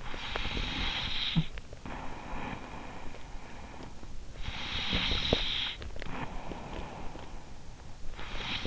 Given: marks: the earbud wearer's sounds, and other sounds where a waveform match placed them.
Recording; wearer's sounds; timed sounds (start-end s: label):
sounds in sleep by an in-ear microphone; breath, teeth grinding, snoring breath
0.00-8.12 s: breath
4.66-5.62 s: teeth grinding
8.13-8.67 s: snoring breath